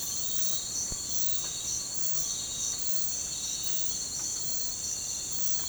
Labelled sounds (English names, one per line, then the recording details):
none
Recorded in pastures near Puerto Asís, Putumayo, Colombia, on 20 December 2024 at 05:30
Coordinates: 0.466, -76.322
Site G040